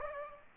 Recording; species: mosquito wingbeat signal from an infrared sensor; Aedes aegypti